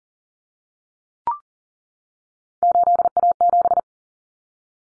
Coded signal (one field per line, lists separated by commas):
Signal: Morse code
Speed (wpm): 40 wpm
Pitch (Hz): 700 Hz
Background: none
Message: 8A7